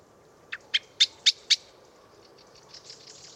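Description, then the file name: Common blackbird giving sharp, clicking chink calls, five in quick succession about a quarter second apart, then fainter high chips trailing off. "Turdus merula"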